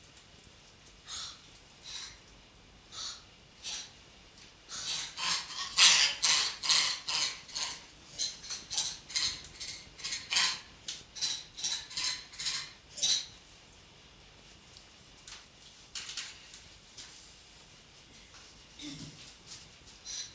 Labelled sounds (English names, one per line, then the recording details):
Rhesus Monkey
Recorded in captivity
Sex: female
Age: adult
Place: Zoologisches Institut der HUB, Berlin, DE
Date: 1957-03-18
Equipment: Elmetra
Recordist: Tembrock, Günter